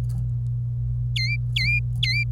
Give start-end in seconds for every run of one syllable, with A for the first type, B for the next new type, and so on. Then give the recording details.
1.16-2.24 A. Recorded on 26 April 2018 at 09:00. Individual llb3